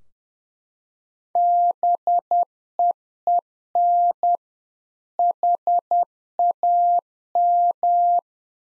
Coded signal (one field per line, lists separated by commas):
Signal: Morse code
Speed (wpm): 10 wpm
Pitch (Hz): 700 Hz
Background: none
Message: BEEN HAM